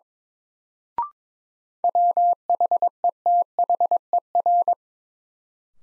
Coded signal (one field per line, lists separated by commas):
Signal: Morse code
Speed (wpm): 22 wpm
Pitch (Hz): 700 Hz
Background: none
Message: WHETHER